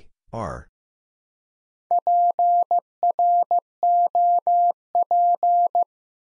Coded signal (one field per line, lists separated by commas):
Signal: Morse code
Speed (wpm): 15 wpm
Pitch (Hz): 700 Hz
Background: none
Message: PROP